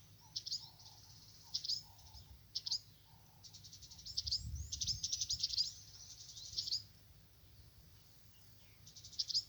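Birds chirping in quick, high, buzzy bursts that come in clusters at irregular intervals, with a few lower soft notes and a faint steady rumble underneath.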